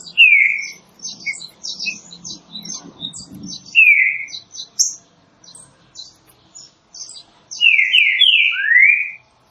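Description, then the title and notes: Green-winged saltator song of mellow slurred whistles, with another bird's high rapid twittering through much of it and a brief low rumble. Classic song style (canto clássico) of the green-winged saltator, presented as a training recording. "Canto Clássico Trinca Ferro TREINAMENTO. trinca fero"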